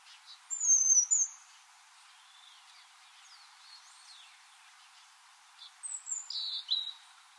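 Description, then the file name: European robin giving thin, high whistled notes and short sliding phrases, in bursts at the start and near the end, with quieter notes between. "Erithacus rubecula"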